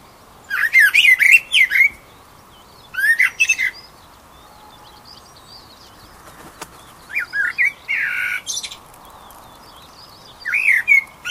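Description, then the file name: Eurasian blackbird calls: clusters of quick, harsh chattering notes mixed with thin high clicks, bursts arriving every few seconds with quiet gaps and a brief tick between. "Turdus merula"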